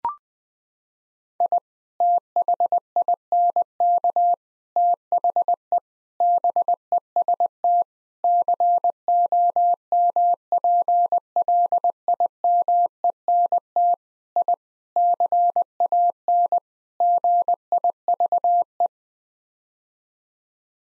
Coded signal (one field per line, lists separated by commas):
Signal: Morse code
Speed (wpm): 20 wpm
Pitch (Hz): 700 Hz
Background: none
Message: I THINK THE BEST COMPLIMENT I CAN GIVE